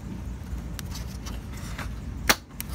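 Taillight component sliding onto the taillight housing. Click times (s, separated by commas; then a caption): 2.6 s. After a bulb change on a 2017 Escape (2013–2019 model range), a taillight part is slid back over onto the taillight housing until it clicks, seating at 2.6 s. Before that, faint taps come at about 0.8 s and 1.8 s, and a sharper, louder snap at about 2.3 s, all over a steady low rumble. The part ends up seated in place.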